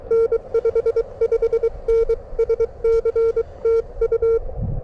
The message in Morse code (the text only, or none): N 55N SC TU